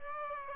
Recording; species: mosquito wingbeat signal from an infrared sensor; Aedes aegypti